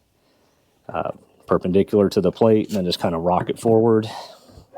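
A seat's center post is held perpendicular to the seat plate of a CarryOn HD mobility scooter and rocked forward into the seat mount hole while someone talks. Nothing has seated or clicked yet, and the part is not yet locked home.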